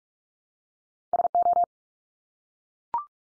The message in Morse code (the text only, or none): SO